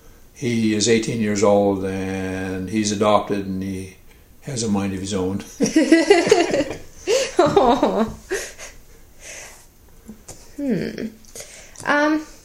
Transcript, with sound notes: He is eighteen years old and he's adopted and he has a mind of his own.
[laughter] Aww.